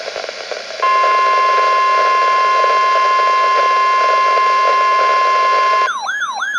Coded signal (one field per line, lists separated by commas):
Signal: Emergency Alert System (SAME) tones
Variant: 1050 Hz attention tone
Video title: Severe Thunderstorm Warning on KHA99 (EAS #1234)